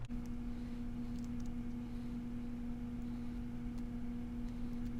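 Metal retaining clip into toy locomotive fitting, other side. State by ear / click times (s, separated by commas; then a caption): not seated / none. A metal spring retaining clip is handled against its fitting on the other side of a Lionel 1655 Scout toy locomotive. A steady low hum with a tonal drone runs throughout, with a brief faint tick near the start and a few light ticks. Nothing has seated or clicked yet.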